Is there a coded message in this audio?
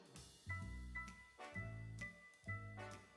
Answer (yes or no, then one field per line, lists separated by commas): no